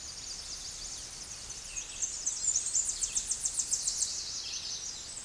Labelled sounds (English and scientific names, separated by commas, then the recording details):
Tennessee Warbler (Leiothlypis peregrina) song
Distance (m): 20 m
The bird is about 15 m above the microphone
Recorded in a Pennsylvania forest on 16 May 2024 at 09:56
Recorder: AudioMoth, point MSD-1293
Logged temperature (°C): 12.0 °C
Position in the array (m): 68 m, 164 m